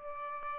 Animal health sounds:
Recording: mosquito wingbeat signal from an infrared sensor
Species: Aedes albopictus

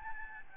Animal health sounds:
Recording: mosquito wingbeat signal from an infrared sensor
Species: Aedes albopictus

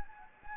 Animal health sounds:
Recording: mosquito wingbeat signal from an infrared sensor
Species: Anopheles gambiae

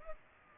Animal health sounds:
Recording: mosquito wingbeat signal from an infrared sensor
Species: Culex pipiens

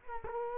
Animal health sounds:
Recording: mosquito wingbeat signal from an infrared sensor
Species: Culex quinquefasciatus

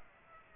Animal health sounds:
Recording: mosquito wingbeat signal from an infrared sensor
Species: Culex pipiens

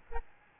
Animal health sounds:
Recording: mosquito wingbeat signal from an infrared sensor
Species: Aedes albopictus

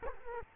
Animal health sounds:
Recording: mosquito wingbeat signal from an infrared sensor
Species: Culex quinquefasciatus

